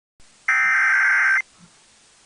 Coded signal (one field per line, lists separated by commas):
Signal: Emergency Alert System (SAME) tones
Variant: header bursts